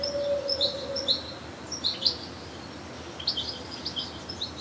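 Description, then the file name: European goldfinch calls: scattered bright, short chirps in small clusters, a low steady tone at the start, against faint background noise. "Carduelis carduelis"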